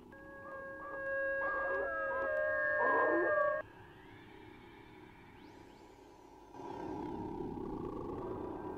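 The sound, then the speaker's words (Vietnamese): Two dogs howl outside during the night in long, wavering tones that rise and hold steady, their voices overlapping for a few seconds before the sound drops to a quieter, lower murmur and then a rougher swell. “Lâu lâu bên ngoài kia, hai con chó lại cứ chu lên ông ổng.”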